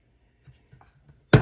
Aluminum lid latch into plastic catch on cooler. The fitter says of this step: it's a very solid click design here is actually pretty cool you can open it